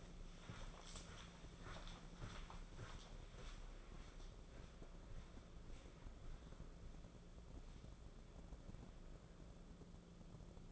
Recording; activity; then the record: daily activity, microphone in the room; walk to room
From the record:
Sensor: 5